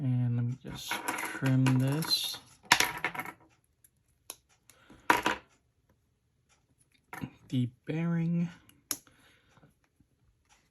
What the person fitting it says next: The bearing snaps right in.